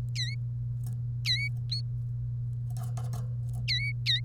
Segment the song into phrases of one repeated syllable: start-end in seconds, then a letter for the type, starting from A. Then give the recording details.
0.15-0.35 A, 1.25-1.48 A, 3.68-4.20 A. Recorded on 1 May 2018 at 08:52. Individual llb3